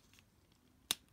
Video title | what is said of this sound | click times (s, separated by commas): Transformers Kingdom Commander Class Rodimus Prime Review | the black part down into the body and then this is going to come up and click | 0.9 s